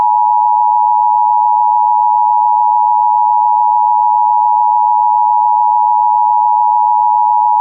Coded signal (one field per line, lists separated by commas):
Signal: Emergency Alert System (SAME) tones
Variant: 853 and 960 Hz attention tone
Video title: A Short Roar Of Action: EAS Alerts From 6/2/25 #COWX #WJON #KJY84